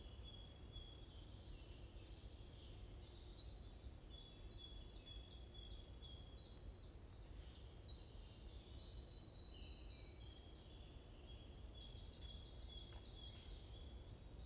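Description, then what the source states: Birds give quick runs of sharp high chirps, several birds overlapping, a steady low hum running beneath throughout. Morning birds chirping around a forest in Bosvoorde, Watermaal-Bosvoorde, Brussels, Belgium; described as peaceful ('rust'); recorded with an AMBE VR microphone.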